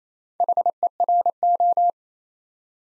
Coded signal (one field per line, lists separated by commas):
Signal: Morse code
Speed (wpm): 27 wpm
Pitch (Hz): 700 Hz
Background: none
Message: HERO